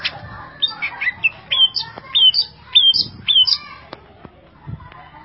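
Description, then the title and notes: Greater green leafbird song of clear whistled notes, several sliding downward, given in a quick varied series with a few sharp clicks. Champion songbird. "Kicau Burung Cucak Ijo Juara. Suara kicauan burung cucak ijo"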